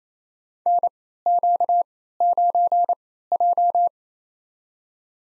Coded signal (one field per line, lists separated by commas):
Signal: Morse code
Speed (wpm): 28 wpm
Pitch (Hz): 700 Hz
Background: none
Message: NQ9J